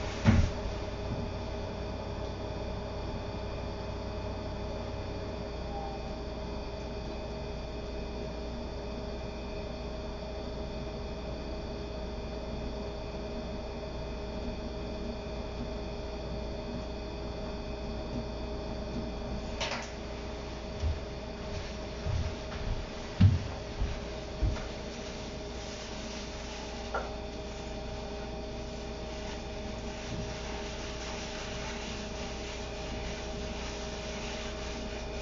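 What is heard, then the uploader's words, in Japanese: Kitchen sounds while mixing sake lees into a pickling bed, set against a steady low hum with faint high whines. It stays quiet for the first twenty seconds; around 20 seconds a sharp knock lands, then a cluster of soft thuds and scrapes follows near 21–25 seconds. キッチンでの物音。粕漬けを作るための粕床を作っています。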